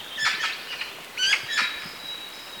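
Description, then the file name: Eurasian magpie giving harsh, rasping chattering notes in two quick bursts, with a thin steady whistled tone running faintly behind. "Pica pica"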